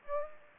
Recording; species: mosquito wingbeat signal from an infrared sensor; Aedes aegypti